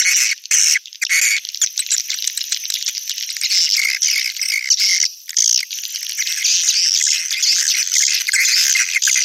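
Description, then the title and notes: Swiftlet chorus, dense high chirping and rattling twitter from many birds, steady throughout with a few short dips. Sound used in swiftlet farming in Asia. "Swiflet Bird Sound. Farming Swiflet Bird asia sound"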